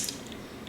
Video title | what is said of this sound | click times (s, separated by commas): The Olight M2R LED tactical flashlight Review ! | And boy, that's powerful. It sticks on there extremely good. You can hear it snap on there | 0.1 s